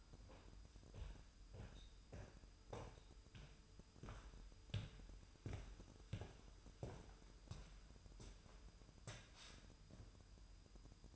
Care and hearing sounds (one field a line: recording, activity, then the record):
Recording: daily activity, microphone in the room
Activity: walk to room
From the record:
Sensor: 2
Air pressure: 988.1 hPa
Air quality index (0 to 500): 183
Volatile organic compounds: 141 ppm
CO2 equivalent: 3982 ppm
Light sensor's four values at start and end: 21/70/28/26 and 21/70/27/26